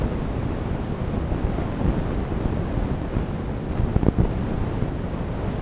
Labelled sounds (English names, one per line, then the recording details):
none
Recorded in secondary vegetation near Puerto Asís, Putumayo, Colombia, on 19 March 2025 at 15:30
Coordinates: 0.481, -76.318
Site G097